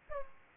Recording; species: mosquito wingbeat signal from an infrared sensor; Aedes aegypti